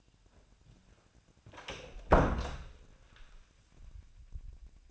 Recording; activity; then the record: daily activity, microphone in the room; close door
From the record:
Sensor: 2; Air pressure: 1009.1 hPa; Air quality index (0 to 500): 184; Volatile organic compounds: 3 ppm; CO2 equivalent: 1338 ppm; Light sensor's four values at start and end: 30/80/34/36 and 30/79/33/35